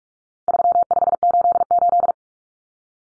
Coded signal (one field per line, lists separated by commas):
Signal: Morse code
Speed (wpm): 44 wpm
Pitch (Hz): 700 Hz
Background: none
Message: 3588